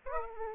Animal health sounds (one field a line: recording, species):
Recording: mosquito wingbeat signal from an infrared sensor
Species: Aedes aegypti